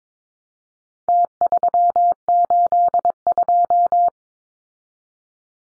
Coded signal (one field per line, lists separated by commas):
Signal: Morse code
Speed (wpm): 22 wpm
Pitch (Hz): 700 Hz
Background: none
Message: T382